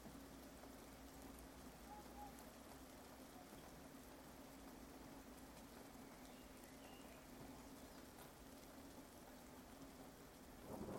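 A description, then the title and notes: Light rain falls in a steady, even hiss, with scattered faint ticks of drops throughout. A low, constant hum sits underneath the whole time. Just before the end, a louder low rumble swells up briefly. Thunderstorm with Light Rain.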